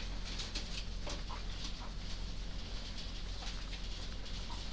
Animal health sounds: poultry house recording; sick chickens (respiratory disease)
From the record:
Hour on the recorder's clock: 20

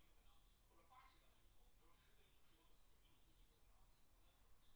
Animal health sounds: poultry house recording; no chicken sound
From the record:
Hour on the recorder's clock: 17

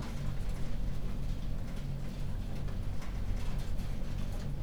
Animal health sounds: poultry house recording; no chicken sound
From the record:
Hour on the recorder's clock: 21

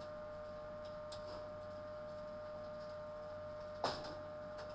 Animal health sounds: poultry house recording; no chicken sound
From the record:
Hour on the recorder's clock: 21

